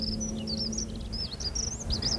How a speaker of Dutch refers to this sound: Nou, dat is dan de hegemus. Ja, daar zit hij bovenin. Zie je het? Voor dat dak. Dat kleine vogeltje. Dit zijn dan de mannetjes.